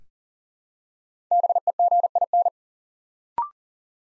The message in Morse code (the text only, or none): BEGIN